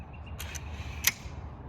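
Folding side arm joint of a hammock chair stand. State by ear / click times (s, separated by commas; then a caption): seated / 1.1 s. The other folding side arm of an Anymaka hammock chair stand is pulled out until its joint locks. A faint tap at 0.4 s is followed by a sharp, bright click at 1.1 s as the joint locks into place, over a low steady hum.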